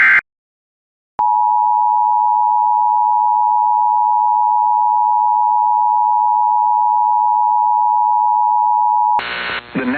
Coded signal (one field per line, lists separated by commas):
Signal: Emergency Alert System (SAME) tones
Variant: 853 and 960 Hz attention tone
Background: speech